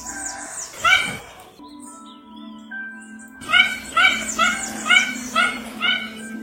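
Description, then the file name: Mandarin duck calls: a single yelping harmonic note, then after a pause a run of six short yips about two per second, over a steady low hum. "canto do pato mandarim"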